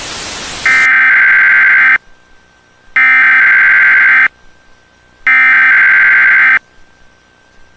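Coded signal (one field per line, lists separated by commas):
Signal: Emergency Alert System (SAME) tones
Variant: header bursts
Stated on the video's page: Fictional scenario using valid EAS tones.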